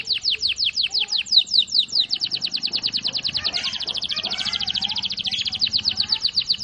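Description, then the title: Canary song of quick downslurred notes accelerating into a dense continuous roll. Canary singing a long roll (ngerol panjang); a master recording used for training birds. "Master Burung Jos. Kenari ngerol panjang 1"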